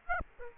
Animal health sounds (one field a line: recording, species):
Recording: mosquito wingbeat signal from an infrared sensor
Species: Aedes aegypti